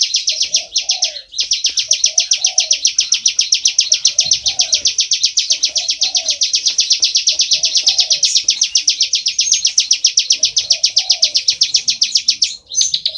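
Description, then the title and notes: Bar-winged prinia pouring out a nearly unbroken stream of fast, high, buzzy chirps, with softer lower whistled notes recurring every second or two beneath. Continuous calling style called ngebren, used as tutor audio (masteran) for training white-rumped shamas (murai batu). "Ciblek Ngebren Untuk Masteran Murai Batu. Suara burung ciblek - Suara Nada"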